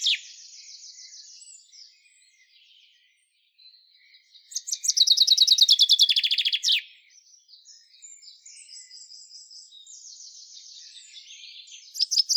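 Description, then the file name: Common chaffinch song: a loud cascading trill falling in pitch with a terminal flourish, set among quieter chirps and twitters before and after. "Fringilla coelebs"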